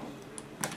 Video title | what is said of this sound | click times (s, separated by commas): SwitchEasy CapsuleRebel for iPhone 3G & 3GS | and then this skeleton backbone just snaps right into place | 0.4 s, 0.6 s